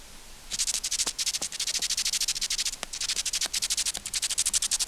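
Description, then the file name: Grasshopper stridulating in a dry, hissing, rapidly pulsed buzz of several pulses per second, starting after a short pause and continuing steadily. "Chorthippus"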